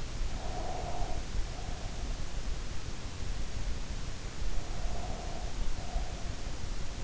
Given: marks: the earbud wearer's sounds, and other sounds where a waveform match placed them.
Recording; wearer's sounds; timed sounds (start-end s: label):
sounds in sleep by an in-ear microphone; breath
0.27-2.35 s: breath
4.56-6.57 s: breath